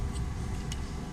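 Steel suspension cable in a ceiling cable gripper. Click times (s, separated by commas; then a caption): 0.7 s. A steel suspension cable is threaded through the hole of a ceiling cable gripper while its center is pressed in. When the gripper is released, it locks onto the steel line with a short, sharp click at 0.7 s. The click stands out over a steady low background hum.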